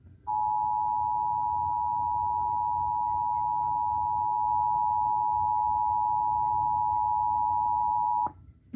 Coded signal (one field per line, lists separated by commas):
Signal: Emergency Alert System (SAME) tones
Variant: 853 and 960 Hz attention tone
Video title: (EAS #16-17) Severe thunderstorm warning (fm radio and TV) 9/1/2021